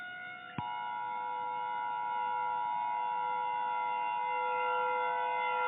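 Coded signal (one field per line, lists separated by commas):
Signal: Emergency Alert System (SAME) tones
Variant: 853 and 960 Hz attention tone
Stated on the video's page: Fictional EAS scenario.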